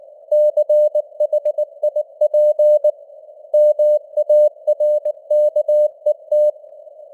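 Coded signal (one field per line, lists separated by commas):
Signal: Morse code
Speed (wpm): 19 wpm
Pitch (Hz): 600 Hz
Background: none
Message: CHIP MARKET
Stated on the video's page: Simulated news headlines at 19 wpm with artificial radio noise and varying signal strength (QSB fading).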